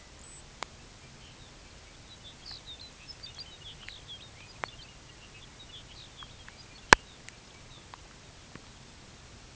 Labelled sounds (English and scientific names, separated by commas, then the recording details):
Lapland Longspur (Calcarius lapponicus)
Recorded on Arctic tundra, site UTQI-5, on 13 June 2019
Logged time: 16:00